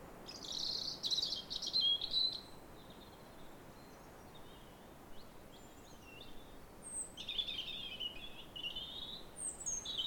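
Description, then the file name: European robin song: a high, tumbling phrase of thin whistles and trills, then quieter scattered notes, and a second wavering phrase near the end. "Erithacus rubecula"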